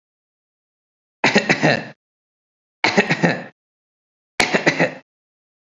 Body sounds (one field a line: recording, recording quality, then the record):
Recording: shallow voluntary cough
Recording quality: excellent, no background noise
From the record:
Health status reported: COVID-19 positive, no symptoms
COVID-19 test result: positive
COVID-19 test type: RT-PCR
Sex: male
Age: 24 years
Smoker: no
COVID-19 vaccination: both doses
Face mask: not worn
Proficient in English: yes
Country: India